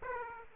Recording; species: mosquito wingbeat signal from an infrared sensor; Aedes aegypti